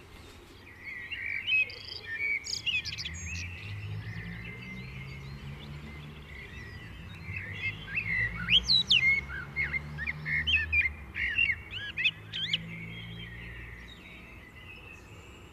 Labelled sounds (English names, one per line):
Common Blackbird song